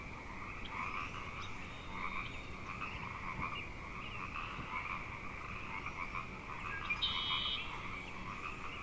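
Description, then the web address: Frog chorus of overlapping trilling calls, swelling slightly, with a short bright high twitter near the end. Frog chorus at Grafton Lake, recorded 3 May 2009. "The Frog Chorus Tunes Up On Grafton Lake frogs 090503"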